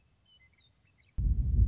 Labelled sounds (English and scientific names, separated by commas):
Western Meadowlark (Sturnella neglecta)